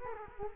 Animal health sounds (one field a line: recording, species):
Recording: mosquito wingbeat signal from an infrared sensor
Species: Culex quinquefasciatus